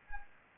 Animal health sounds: mosquito wingbeat signal from an infrared sensor; Anopheles gambiae

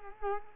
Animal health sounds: mosquito wingbeat signal from an infrared sensor; Culex quinquefasciatus

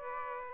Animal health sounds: mosquito wingbeat signal from an infrared sensor; Aedes aegypti

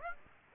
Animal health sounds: mosquito wingbeat signal from an infrared sensor; Aedes aegypti

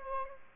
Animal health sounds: mosquito wingbeat signal from an infrared sensor; Aedes aegypti

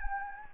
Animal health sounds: mosquito wingbeat signal from an infrared sensor; Anopheles gambiae

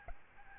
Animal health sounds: mosquito wingbeat signal from an infrared sensor; Aedes albopictus

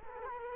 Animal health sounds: mosquito wingbeat signal from an infrared sensor; Culex quinquefasciatus

